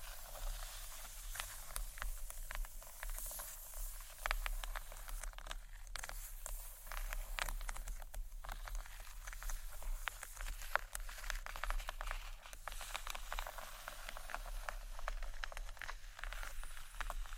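Gentle scratchy tapping on books, a dense run of small dry clicks and scrapes that continues steadily for the whole stretch. The taps are quick and irregular, with a few sharper knocks near the middle, over a soft constant hiss and a low hum.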